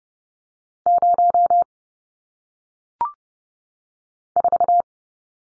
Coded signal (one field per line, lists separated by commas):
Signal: Morse code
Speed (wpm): 30 wpm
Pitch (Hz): 700 Hz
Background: none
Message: 0 4